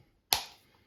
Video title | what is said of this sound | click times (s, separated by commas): Removable Arrow Holder from Laurel Mountain Outfitters | clicks on nicely and if you're | 0.3 s